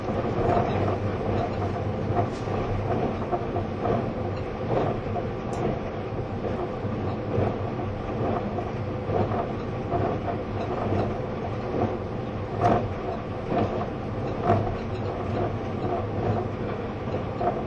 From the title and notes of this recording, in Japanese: E257系 あずさ19号03 甲府～松本。音の旅(走行音)。